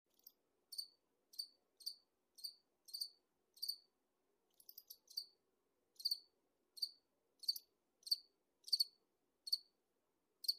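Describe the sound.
Cricket chirping in short high pulsed bursts, roughly one or two per second, with a brief irregular flurry near the middle and near silence between chirps.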